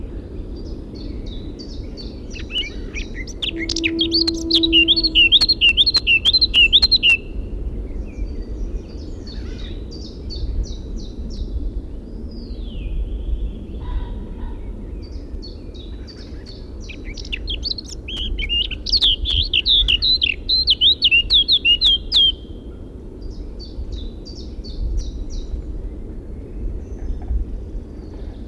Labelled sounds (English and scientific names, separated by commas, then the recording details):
Eurasian Blackcap (Sylvia atricapilla)
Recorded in the wild
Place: Lieberose, Brandenburg, DE
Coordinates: 51.983, 14.299
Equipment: Nagra III BH, Sennheiser MD 21, parabola
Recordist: Schubert, Michael
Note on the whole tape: Gesang Mönchsgrasmücke